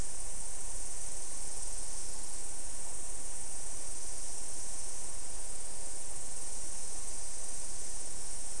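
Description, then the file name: Insects calling in a steady, unbroken high-pitched shimmering chorus that holds at one even level for the whole stretch, over a soft hiss of background noise. "mainly insect"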